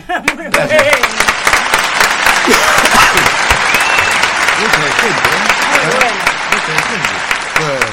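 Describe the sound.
An audience on the show Sin Careta applauds a band loudly and steadily for several seconds, a dense wash of many hands clapping, with scattered voices and shouts rising through the noise.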